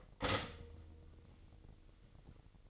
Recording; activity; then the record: daily activity, microphone in the room; stop toaster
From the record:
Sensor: 4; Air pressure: 1002.9 hPa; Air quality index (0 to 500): 240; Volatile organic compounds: 17 ppm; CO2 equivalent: 2600 ppm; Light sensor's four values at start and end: 17/58/22/21 and 20/67/25/24